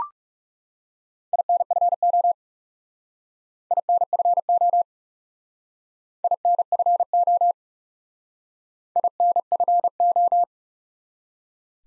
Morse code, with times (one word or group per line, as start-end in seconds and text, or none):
1.3-2.3 INFO
3.7-4.8 INFO
6.2-7.5 INFO
9.0-10.4 INFO